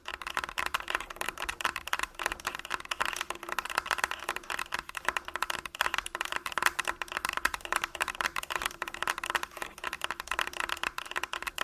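Fast, dense tapping and scratching on a body, crisp clicks running steadily throughout over a faint low hum and a constant midrange tone.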